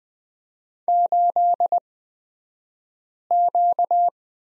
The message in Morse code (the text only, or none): 8Q